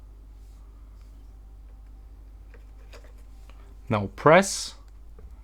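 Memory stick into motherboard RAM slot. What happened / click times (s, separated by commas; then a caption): Memory stick lined up at the slot, not yet pressed in / none. A second memory stick is lined up with the key of a motherboard RAM slot before being pressed in, with only faint handling ticks over a low steady hum. Near the end someone talks briefly. Nothing has seated or clicked yet.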